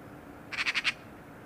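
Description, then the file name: Eurasian magpie giving a single brief rattle of four rapid, dry, harsh notes against faint background noise. "Pica pica"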